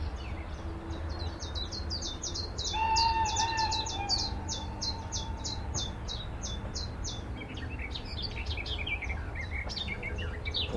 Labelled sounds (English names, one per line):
Willow Warbler